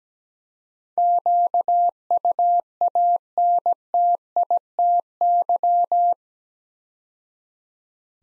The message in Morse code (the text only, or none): QUANTITY